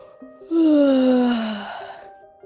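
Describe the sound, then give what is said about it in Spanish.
A voice acts out a long yawn, opening with a breathy intake and sliding downward in pitch through a drawn-out, sighing tone that fades after about a second and a half. “Bostezaba la semillita y poquito a poco fue estirando sus bracitos y rompiendo un poquito su casita tibia.”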